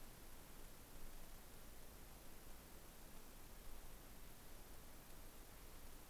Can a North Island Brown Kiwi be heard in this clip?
no